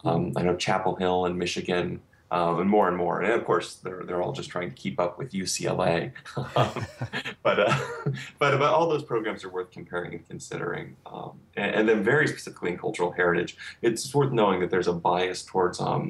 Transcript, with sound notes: I know Chapel Hill and Michigan more and more. Of course, they’re all just trying to keep up with UCLA. [laughter] All those programs are worth comparing and considering. Very specifically in cultural heritage, it’s worth knowing that there’s a bias towards